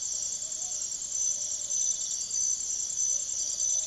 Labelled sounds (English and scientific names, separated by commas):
none